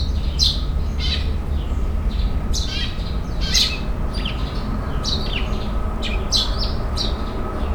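Bird chirps, short high sharp notes in scattered bursts of two or three, over a constant deep rumbling hum.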